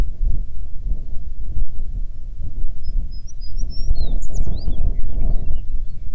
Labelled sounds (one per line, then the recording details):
songbird
wind
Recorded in the Prudhoe Bay oil fields, Alaska, on 9 June 2019 at 16:54
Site 21